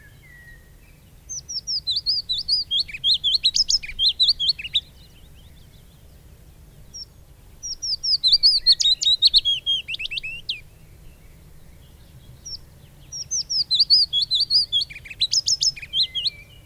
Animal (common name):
Willow Warbler